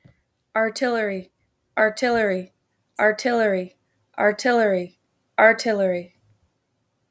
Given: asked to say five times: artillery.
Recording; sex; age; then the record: repeated word; female; 30 to 39 years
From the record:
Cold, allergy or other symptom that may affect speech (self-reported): no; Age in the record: 36 years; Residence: Michigan, United States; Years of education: 14